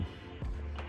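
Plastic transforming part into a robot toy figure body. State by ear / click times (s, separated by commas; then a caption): seated / 0.8 s. A plastic part is pushed into position while transforming a knock-off plastic Grimlock robot toy figure, and it seats into the figure's body with a short, sharp click at 0.8 seconds over a low steady hum. The part locks in place somewhere on the body, though the exact spot where it caught isn't visible.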